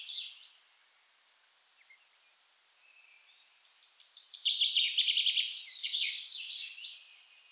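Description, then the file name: Common chaffinch song: a tumbling trill of quick notes lasting several seconds, preceded by a few brief calls. "Fringilla coelebs"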